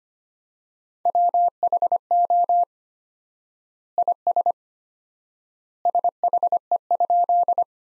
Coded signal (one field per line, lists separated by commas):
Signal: Morse code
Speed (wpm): 25 wpm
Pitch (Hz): 700 Hz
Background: none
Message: WHO IS SHE?